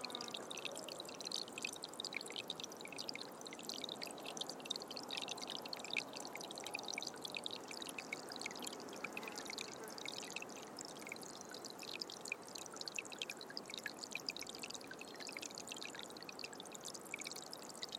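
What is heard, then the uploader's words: A creek flows steadily over rocks, a dense, constant rush of water with bright splashy trickles and a softer low murmur underneath. Molino Creek. Molino Canyon, just outside of Tucson Arizona.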